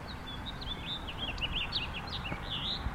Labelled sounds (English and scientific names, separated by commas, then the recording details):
House Finch (Haemorhous mexicanus) song
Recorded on Long Island, New York, on 8 April 2011
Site BN
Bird D